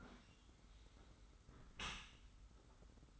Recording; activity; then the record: daily activity, microphone in the room; close dishwasher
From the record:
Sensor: 3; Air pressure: 991.3 hPa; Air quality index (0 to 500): 136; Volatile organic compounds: 242 ppm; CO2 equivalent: 4340 ppm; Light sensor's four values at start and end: 52/142/58/51 and 52/142/58/51